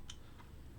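On an ASUS ROG Crosshair X870E Hero motherboard, a graphics card is pushed slightly toward the back, without pressing the lever, until the PCIe slot's retention clip clicks downward and releases the card. A single sharp, bright click sounds at 0.1 s, followed by a fainter tick near 0.4 s over a low steady background rumble. The latch is released.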